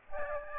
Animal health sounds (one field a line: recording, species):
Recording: mosquito wingbeat signal from an infrared sensor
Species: Aedes aegypti